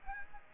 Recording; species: mosquito wingbeat signal from an infrared sensor; Aedes aegypti